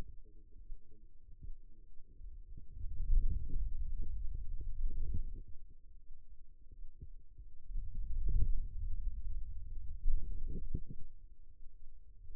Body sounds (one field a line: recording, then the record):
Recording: forearm muscle sounds (acoustic myography)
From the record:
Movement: hand closing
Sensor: system 2, bracelet of six BSWA MPA416 microphones around the upper forearm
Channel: 3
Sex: male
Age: 22 years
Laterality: right